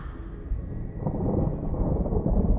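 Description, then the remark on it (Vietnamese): A thunderclap outside rolls in as a deep, muffled rumble, swelling after the first half-second and holding loud and heavy to the end, with no voices. “Khi câu nói của ông Long vừa dứt, phía bên ngoài một tiếng sét bất chợt vang lên, kéo anh Thắng từ trong giấc mơ tỉnh lại.”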